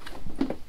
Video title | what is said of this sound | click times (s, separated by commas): Cam Am Spyder Storage F3 Limited | it to the left and there's a little click there | 0.1 s